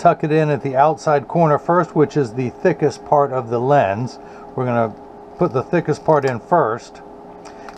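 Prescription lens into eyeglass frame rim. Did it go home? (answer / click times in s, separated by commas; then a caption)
yes / 7.7 s. Someone talks while a prescription plastic Zeiss progressive anti-glare lens is tucked into the outside corner of a Kappa Alpha Psi eyeglass frame first, the thickest part of the lens, then pushed down with the thumbs at the nose. A short, sharp snap at 7.7 s marks the lens seating into the frame rim.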